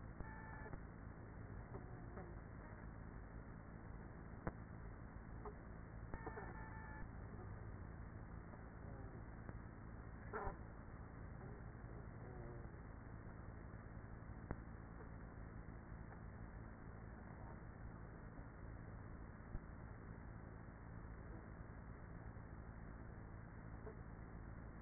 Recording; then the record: honeybee colony, microphone inside the hive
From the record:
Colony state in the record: queenless with a low population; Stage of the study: after two queens were removed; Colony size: about 30,000 bees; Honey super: no